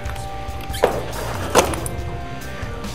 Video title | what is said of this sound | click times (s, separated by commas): Transforming Bumblebee Costume "agility test" (episode 14) | what's interesting is that locks into place | 1.9 s